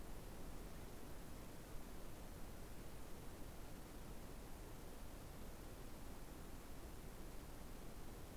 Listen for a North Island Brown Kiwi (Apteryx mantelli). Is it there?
no